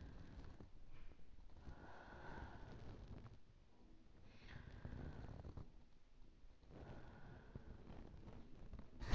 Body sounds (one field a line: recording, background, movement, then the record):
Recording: deep breathing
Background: quiet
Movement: sitting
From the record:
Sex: female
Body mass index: 18.3 kg/m2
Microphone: on the chest, facing outward